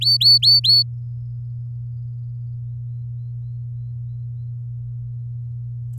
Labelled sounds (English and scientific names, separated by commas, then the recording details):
Domestic Canary (Serinus canaria) song
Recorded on 8 May 2018 at 05:58
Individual llb16